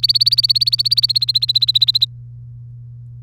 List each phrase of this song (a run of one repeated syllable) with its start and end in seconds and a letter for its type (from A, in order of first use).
0.00-2.05 A